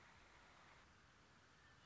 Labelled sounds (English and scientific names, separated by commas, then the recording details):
Red-winged Blackbird (Agelaius phoeniceus)
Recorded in Sonoma County, California